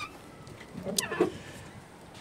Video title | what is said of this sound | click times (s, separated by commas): 315 triệu xe đẹp Hyundai Sonata 2010 1 chủ từ mới đi cực thích | vào đây mở cốp điện cho chiếc xe đấy Nghe thấy tách rồi | 1.0 s